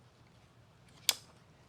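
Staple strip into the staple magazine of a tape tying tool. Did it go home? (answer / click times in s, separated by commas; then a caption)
yes / 1.1 s. A new strip of metal staples is pushed into the staple channel of a garden tape tying tool. After a quiet low hum, one sharp, bright click sounds at 1.1 s as the strip seats in the staple magazine.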